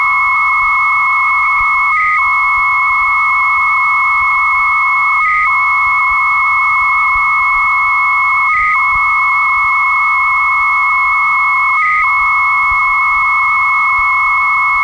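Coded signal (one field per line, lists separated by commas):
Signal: 300-baud modem data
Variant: Bell 103 300 baud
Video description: Deux modems qui communiquent entre eux à 300bps pour transférer un fichier de 5ko.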